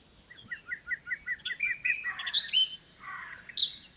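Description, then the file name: Eurasian blackcap song: a series of several repeated notes leading into a loud whistled flourish, followed by further brief phrases. "Sylvia atricapilla"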